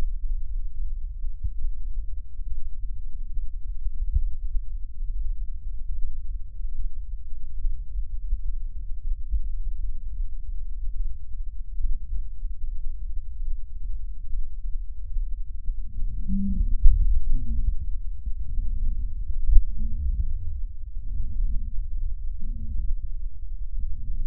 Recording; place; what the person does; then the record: lung sounds by stethoscope; left posterior apical chest; quiet breathing, then deep breathing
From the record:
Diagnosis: interstitial lung disease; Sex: female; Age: 72 years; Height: 153 cm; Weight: 71 kg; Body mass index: 30.3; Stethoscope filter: bell mode